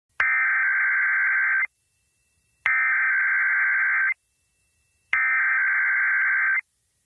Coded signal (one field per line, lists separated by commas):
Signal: Emergency Alert System (SAME) tones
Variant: header bursts